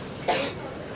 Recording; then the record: coughing mixed with background sound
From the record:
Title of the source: 61 morning phlegmy cough...again